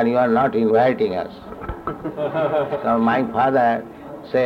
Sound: laughter

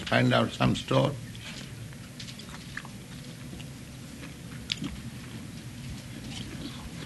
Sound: Prabhupāda eats

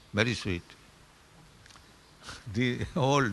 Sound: chuckles

